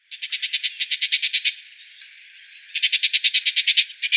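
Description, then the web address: Woodchat shrike giving a fast harsh chatter, rapid rasping notes in a run of about one and a half seconds, a pause of about a second, then another rattling burst. "Schulze Peter Woodchat Shrike call"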